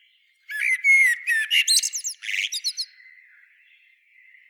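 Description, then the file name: Common blackbird gives one song phrase, a run of whistled and scratchy twittering notes lasting about two seconds, followed by a faint drawn-out tone. "Turdus merula"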